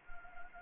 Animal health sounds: mosquito wingbeat signal from an infrared sensor; Anopheles arabiensis

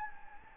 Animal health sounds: mosquito wingbeat signal from an infrared sensor; Anopheles gambiae

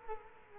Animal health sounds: mosquito wingbeat signal from an infrared sensor; Culex quinquefasciatus

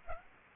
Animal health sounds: mosquito wingbeat signal from an infrared sensor; Aedes aegypti

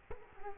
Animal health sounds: mosquito wingbeat signal from an infrared sensor; Culex quinquefasciatus

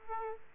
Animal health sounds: mosquito wingbeat signal from an infrared sensor; Aedes aegypti

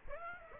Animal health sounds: mosquito wingbeat signal from an infrared sensor; Aedes aegypti

